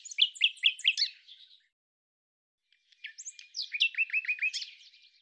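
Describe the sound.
Common nightingale song with a quick run of repeated descending chirps, a pause, then a lively varied phrase ending in another series of repeated notes.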